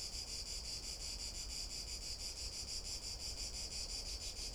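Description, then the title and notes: Cicada song, a dense high buzzing pulsed in quick beats and held steady throughout. Cicada recorded on an afternoon walk along boardwalks around the lake, Albufera de Valencia, Spain, with a Zoom H1n recorder. "Valencia, España - Paseo por la Albufera. Chicharra [Cicadidae]"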